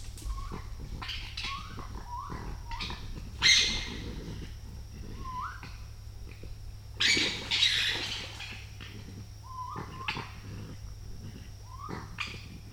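Raccoon calls, brief rising whistled chirps repeated at irregular intervals, broken twice by harsh hissing bursts, over faint clicking.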